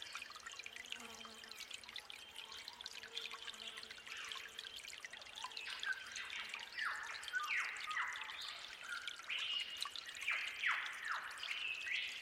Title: Suara Alam Relaksasi Suara Gemercik Air Dan Kicau Burung Hutan Di Saat Fajar